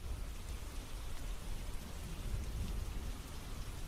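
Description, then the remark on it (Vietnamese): Steady, dense rain hisses evenly throughout, with a low rumble beneath that suggests thunder rolling under the downpour. No one speaks. “Nhân lúc trời mưa, chúng ta cùng vào.”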